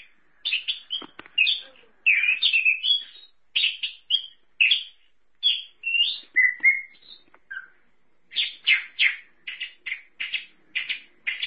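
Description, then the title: Thrush singing dense, rapid phrases of sharp and whistled notes, a brief lull, then another fast burst of repeated high notes. "burung anis x"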